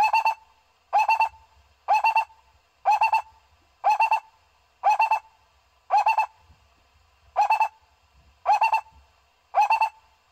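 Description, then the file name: Owl hooting: short quavering notes, each a rapid burst of pulses, repeated about once a second in a steady series. "tieng cu roc"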